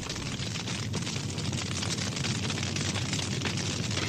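A house fire, heard in a video of the actual blaze, burns with a steady, dense roar and heavy low rumble, threaded with faint crackles and pops. It stays loud and unbroken throughout, with no voices.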